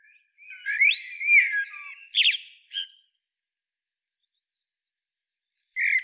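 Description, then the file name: Common blackbird song: a low fluted warble gliding between notes, then a squeaky high twitter, silence, and a new phrase starting at the end. "Turdus merula"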